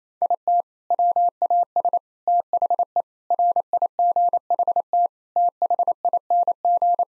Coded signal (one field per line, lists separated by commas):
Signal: Morse code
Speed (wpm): 28 wpm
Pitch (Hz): 700 Hz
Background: none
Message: IT WAS THE RIGHT THING